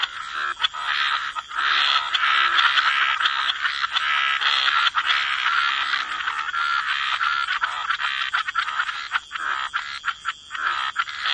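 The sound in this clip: Frog chorus with layered rattling croaks and trills, a near-constant mass of calls that thins slightly toward the end.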